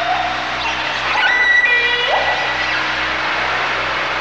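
Dolphin whistles: a flat high tone followed by a quick rising sweep, over constant background hiss.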